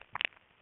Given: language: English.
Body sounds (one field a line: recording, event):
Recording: throat vibration sensor signal played as sound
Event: swallow